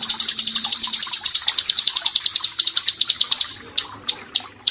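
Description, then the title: Bar-winged prinia song, a rapid run of sharp high chips that slows into spaced single notes near the end; a faint low hum in the background. "Ciblek Sawah"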